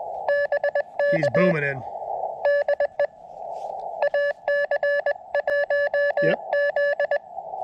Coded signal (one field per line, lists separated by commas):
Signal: Morse code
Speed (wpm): 22 wpm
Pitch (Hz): 580 Hz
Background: speech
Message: BK DE AC1Z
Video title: CW SOTA at W2/GC-026 Utsayantha Mountain